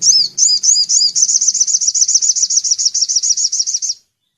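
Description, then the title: Little spiderhunter song: a long, fast series of high, sharp, slurred notes, opening with a few buzzy notes over a low hum. Training recording for songbirds, Labaik song style. "Masteran Burung Sogok Ontong Labaik"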